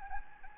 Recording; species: mosquito wingbeat signal from an infrared sensor; Anopheles gambiae